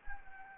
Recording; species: mosquito wingbeat signal from an infrared sensor; Anopheles gambiae